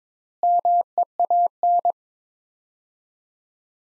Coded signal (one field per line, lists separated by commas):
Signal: Morse code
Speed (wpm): 22 wpm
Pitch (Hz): 700 Hz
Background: none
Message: MEAN